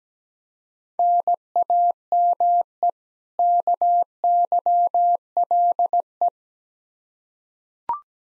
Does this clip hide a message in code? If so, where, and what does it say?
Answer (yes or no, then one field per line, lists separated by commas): yes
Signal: Morse code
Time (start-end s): 1.0-6.3 s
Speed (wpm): 17 wpm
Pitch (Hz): 700 Hz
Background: none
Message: NAME KYLE